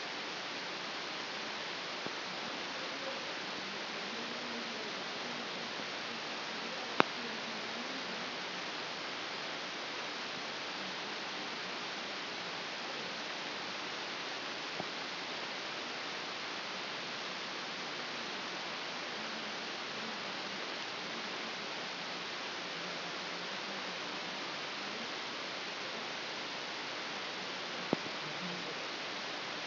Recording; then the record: brain microelectrode recording played as sound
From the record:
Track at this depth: inside the subthalamic nucleus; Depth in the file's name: 6.508 mm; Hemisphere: left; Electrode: 2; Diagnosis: Parkinson's disease